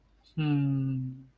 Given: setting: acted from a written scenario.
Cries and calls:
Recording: vocal sound without words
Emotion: contentment

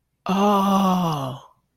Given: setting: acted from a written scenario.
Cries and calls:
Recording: vocal sound without words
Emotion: awe

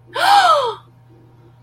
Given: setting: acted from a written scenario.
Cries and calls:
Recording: vocal sound without words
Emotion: positive surprise

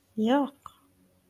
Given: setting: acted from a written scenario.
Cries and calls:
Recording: vocal sound without words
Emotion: disgust

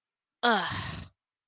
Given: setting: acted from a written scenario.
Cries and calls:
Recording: vocal sound without words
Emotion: contempt

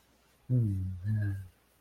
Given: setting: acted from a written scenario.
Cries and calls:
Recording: vocal sound without words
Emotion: romantic love

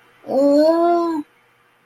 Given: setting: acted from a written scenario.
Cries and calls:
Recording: vocal sound without words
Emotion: distress

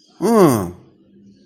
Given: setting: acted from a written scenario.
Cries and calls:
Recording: vocal sound without words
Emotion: anger

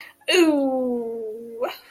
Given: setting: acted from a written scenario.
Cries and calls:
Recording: vocal sound without words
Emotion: disgust

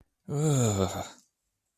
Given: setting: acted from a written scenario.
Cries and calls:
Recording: vocal sound without words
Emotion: disgust

